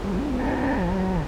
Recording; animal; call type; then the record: contact call of a hoofed animal; goat; low-frequency (closed-mouth) or high-frequency (open-mouth) call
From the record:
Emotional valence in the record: negative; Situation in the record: short social isolation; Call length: 1.28 s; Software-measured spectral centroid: 1360 Hz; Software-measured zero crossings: 950 a second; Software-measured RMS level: -24 dBFS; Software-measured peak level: -14 dBFS